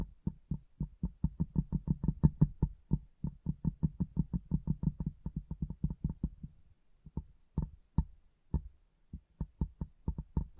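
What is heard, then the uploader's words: Fast, steady tapping on glass, each tap a dull low knock with a faint ringing tone above it. The taps come several per second for about six seconds, then slow into sparser, irregular taps with short gaps and a soft rubbing sound between them. ASMR Glass Brain Tapping & Cleaning (No Talking).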